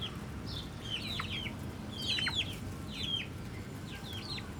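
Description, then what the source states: Chicken chicks calling in clustered bursts of high, shrill cheeps, with quiet low background noise between. Hens and chicks in a henhouse in the Atelier 34zero museum garden, Jette, Brussels, Belgium; recorded with DPA 4060 microphones in AB position into a Zoom F3.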